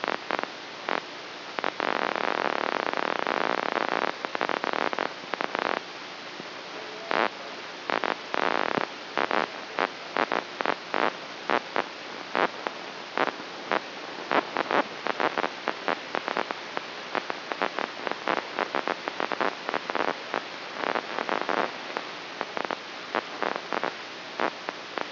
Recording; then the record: brain microelectrode recording played as sound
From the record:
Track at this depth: inside the subthalamic nucleus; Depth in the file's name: 2.126 mm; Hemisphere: right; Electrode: 3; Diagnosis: Parkinson's disease